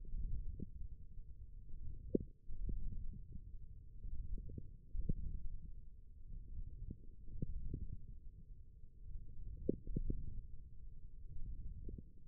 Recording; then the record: forearm muscle sounds (acoustic myography)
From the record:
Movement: forearm pronation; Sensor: system 1, eight BSWA MPA416 microphones around the upper forearm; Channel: 4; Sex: male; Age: 28 years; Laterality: right